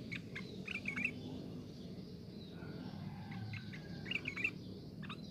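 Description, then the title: Sooty-headed bulbul: two short chirpy phrases a few seconds apart, partly masked by steady hissing background noise. "Kutilang"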